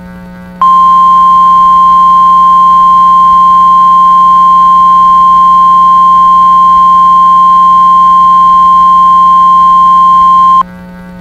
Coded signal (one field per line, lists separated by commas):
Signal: Emergency Alert System (SAME) tones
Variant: 1050 Hz attention tone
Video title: EAS Scenario: Everybody's Fear Part 3 (The Finale)